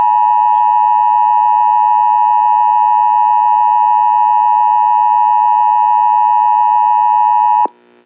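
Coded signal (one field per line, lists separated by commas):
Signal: Emergency Alert System (SAME) tones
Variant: 853 and 960 Hz attention tone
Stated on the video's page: Fictional EAS scenario alert about an interstellar war event.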